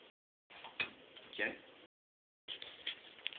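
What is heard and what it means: A hard drive fitted with tool-less snap-on rails, which snap on at the edges when slid in, is pinched at the end and pulled back out of the drive rack of a computer case. Its edge latches let go with a sharp tick at 0.8 s, releasing the drive. Someone talks, and a few more small ticks follow near the end.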